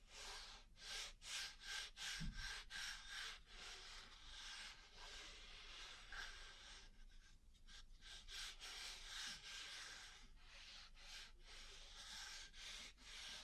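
Ear cleaning and massage sounds: a dense, rubbing scratch fills the upper range almost without pause, rising and falling in a rough rhythm. Short dips break it every second or so, especially early and late, and a soft low thump lands near two seconds.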